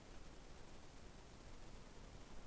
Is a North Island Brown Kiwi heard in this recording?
no